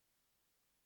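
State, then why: Not seated. A pick works pin two of the pin stack in a lock cylinder, lifting the pin, and nothing has set or clicked yet. Only a steady, faint broadband hiss is heard across the 0.9 seconds, with no sharp sounds.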